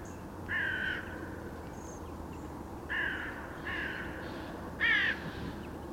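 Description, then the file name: Carrion crow giving four harsh caws at uneven intervals, the last one loudest, with steady low background noise. "Corvus corone"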